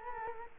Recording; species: mosquito wingbeat signal from an infrared sensor; Culex quinquefasciatus